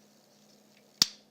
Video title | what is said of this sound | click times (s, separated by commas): Benscollectables reviews Takara 30th GO! Combiner 1 2 and 3 | Just peg in, hear it pop. | 1.0 s